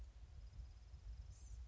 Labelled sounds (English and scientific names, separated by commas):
Blue-gray Gnatcatcher (Polioptila caerulea)